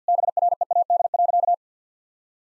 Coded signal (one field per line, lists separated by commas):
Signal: Morse code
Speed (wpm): 50 wpm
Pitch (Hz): 700 Hz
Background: none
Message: BREAD.